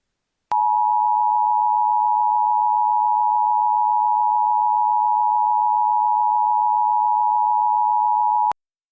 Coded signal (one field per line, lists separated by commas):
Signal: Emergency Alert System (SAME) tones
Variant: 853 and 960 Hz attention tone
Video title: EAS Scenario #19: Holiday Hell-raisers (EAS Christmas-In-July Special)